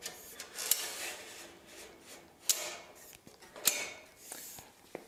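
Two workstation tables are pulled together over sliding, rubbing noise until the spring buttons on the connecting tubes snap out through the holes of the adjoining table, with sharp clicks at 2.5 s and 3.7 s. Both buttons are confirmed engaged.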